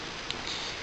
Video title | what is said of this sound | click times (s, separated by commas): TF RotF G2 Dreadwing and Smokescreen:Takara Tokyo Toy Show Exclusive Review | Snap it into place, and there you go. | 0.3 s